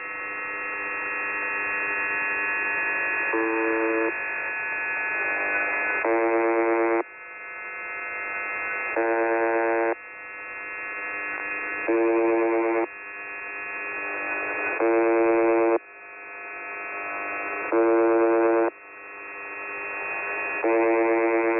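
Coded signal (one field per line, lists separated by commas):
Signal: channel marker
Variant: UVB-76 buzzer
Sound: harsh low buzz repeating roughly every three seconds, about seven buzzes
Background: radio static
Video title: The Buzzer/ UVB-76 Voice Message (January 20, 2021, 12:11 UTC)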